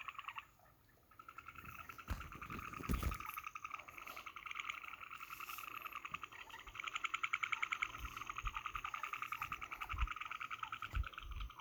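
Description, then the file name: Skittering frog producing quick trains of rattling pulses, starting after a quiet moment and running on steadily, with scattered low knocks mixed in. "Euphlyctis cyanophlyctis"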